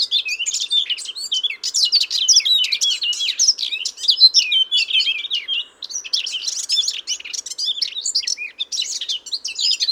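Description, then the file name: Eurasian blackcap pouring out steady, dense warbling, rapid twittering and whistled notes packed closely for the whole stretch. "Sylvia atricapilla"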